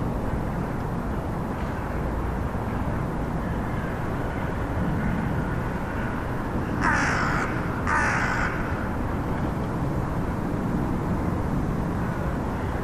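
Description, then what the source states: Crow gives two loud harsh caws about a second apart over a steady low engine-like rumble. One thousand crows.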